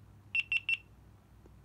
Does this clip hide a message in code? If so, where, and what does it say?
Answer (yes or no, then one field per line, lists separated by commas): no